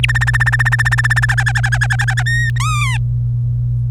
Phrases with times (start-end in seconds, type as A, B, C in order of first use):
0.03-0.05 A, 0.09-1.25 B, 1.29-2.23 C, 2.26-2.50 D, 2.56-2.97 E